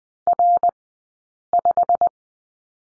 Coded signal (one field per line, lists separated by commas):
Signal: Morse code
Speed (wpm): 20 wpm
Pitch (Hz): 700 Hz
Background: none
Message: R5